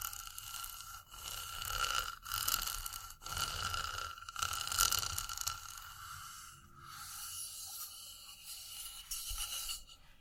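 Rough scraping and rattling sounds on wood and vinyl, dense and uneven, with short gaps around one, three and four seconds and a steady thin whine.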